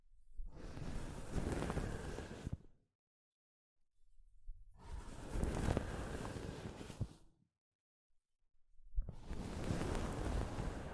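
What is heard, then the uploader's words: Soft fabric brushes against a microphone in three long rubbing passes, each about two to three seconds of dense, rustling scrape with a deep rumble underneath. The strokes swell and fade gently, separated by clean silent gaps around three and eight seconds. ASMR Mic Brushing using Soft Fabric (No Talking).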